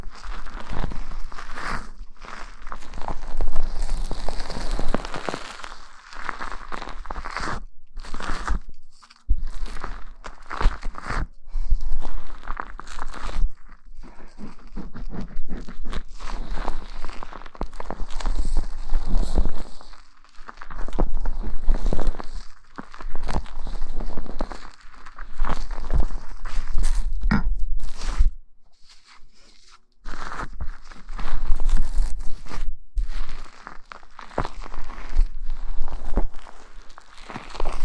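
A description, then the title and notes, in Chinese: Hair being washed with shampoo while the scalp is massaged and scratched. Dense, wet crackling and crunching swells in bursts of a few seconds, with brief pauses near 9, 13, 28 and 30 seconds, and a faint low hum underneath throughout. 头部按摩抓头皮。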